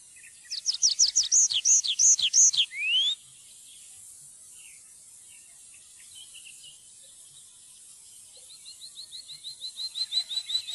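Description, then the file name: Tree pipit song: a rapid series of high falling notes ending in a rising slur, then after a pause a thin, fast trill that swells in loudness. "trepipelerke"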